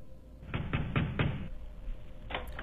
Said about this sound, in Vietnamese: Ở bên ngoài cửa sổ chợt có tiếng người đập cửa thình thịch.